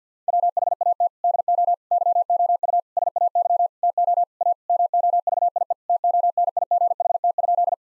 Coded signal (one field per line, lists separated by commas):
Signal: Morse code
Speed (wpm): 50 wpm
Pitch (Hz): 700 Hz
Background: none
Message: WHAT DO YOU SAY TO A MOVIE TONIGHT?